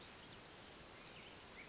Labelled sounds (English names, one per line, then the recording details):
Western Flycatcher
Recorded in Sonoma County, California